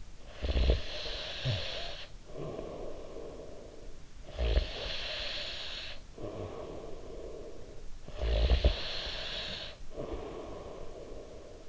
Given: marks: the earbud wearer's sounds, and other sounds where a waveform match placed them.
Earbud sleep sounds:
sounds in sleep by an in-ear microphone; snoring breath
0.00-3.77 s: snoring breath
4.00-11.69 s: snoring breath

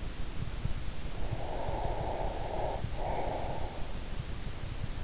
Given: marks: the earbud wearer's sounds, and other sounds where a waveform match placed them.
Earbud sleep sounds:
sounds in sleep by an in-ear microphone; breath
1.18-3.94 s: breath

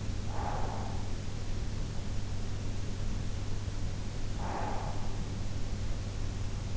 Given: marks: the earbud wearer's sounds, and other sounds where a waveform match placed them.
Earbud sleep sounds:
sounds in sleep by an in-ear microphone; breath
0.16-1.16 s: breath
4.22-5.39 s: breath

